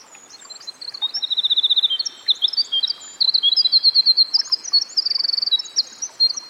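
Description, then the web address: Winter wren song: a long, rapid cascade of very high tinkling notes and fast trills that tumbles on with only brief breaks, over a soft background hiss. Singing by a stream. "Dan Gibson Songbirds By The Stream. Winter Wren"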